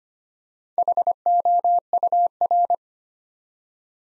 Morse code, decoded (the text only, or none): HOUR